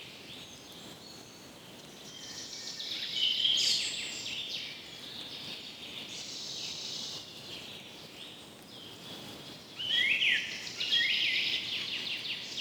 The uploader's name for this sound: Light Wind Forest Ambient Sounds